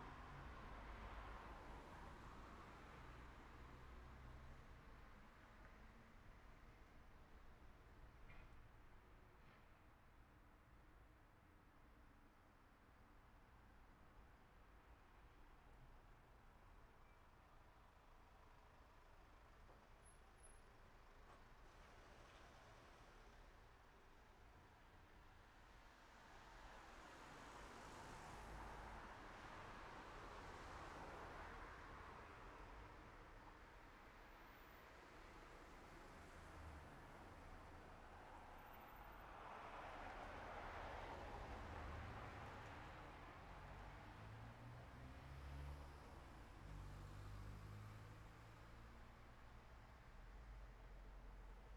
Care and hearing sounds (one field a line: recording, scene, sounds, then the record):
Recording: everyday scene through a hearing-aid microphone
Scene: in traffic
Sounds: traffic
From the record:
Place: city secondary road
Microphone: behind the ear, right, front